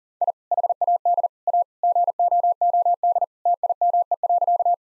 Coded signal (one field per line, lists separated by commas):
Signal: Morse code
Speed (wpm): 40 wpm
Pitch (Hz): 700 Hz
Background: none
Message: I HAD A GOOD TIME.